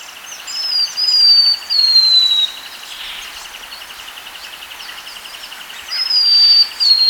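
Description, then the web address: Buff-breasted mountain tanager song: high, thin downslurred whistles given twice, over a steady background buzz of insects and noise. Recorded in Ecuador. "Birds of Ecuador. Buff-Breasted Mountain-Tanager"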